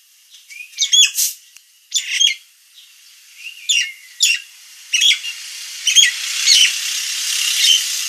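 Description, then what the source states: Nias hill myna uttering harsh squeaky bursts and short rising whistles in quick succession, as a hissy noise swells toward the end. Described as gacor, a lively and persistent singing style, with a noisy, loud voice.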